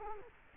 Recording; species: mosquito wingbeat signal from an infrared sensor; Culex quinquefasciatus